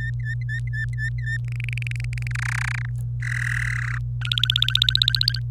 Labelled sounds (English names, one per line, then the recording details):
Domestic Canary song
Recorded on 26 April 2018 at 05:57
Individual llb3